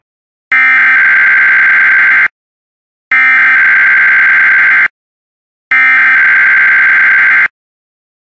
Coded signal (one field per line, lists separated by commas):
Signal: Emergency Alert System (SAME) tones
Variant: header bursts